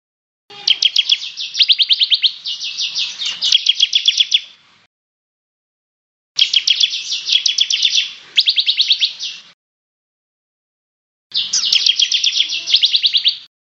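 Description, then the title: Bird song: three long bursts of rapid, trilled, buzzy chattering notes, each lasting several seconds and separated by short silences. "SuaraBurung Kicau"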